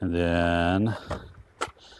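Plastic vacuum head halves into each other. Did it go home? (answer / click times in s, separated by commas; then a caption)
yes / 1.6 s. Two plastic housing halves of a handheld pool and spa vacuum, rinsed clean, are pressed together during reassembly. Someone talks for the first second, then a sharp snap is heard at 1.6 s as the halves seat together.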